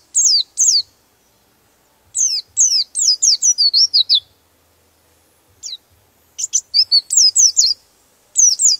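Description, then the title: White-eye producing bright, high, downslurred chirps in short clusters separated by quiet gaps. "Pleci"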